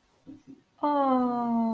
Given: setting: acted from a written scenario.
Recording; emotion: vocal sound without words; adoration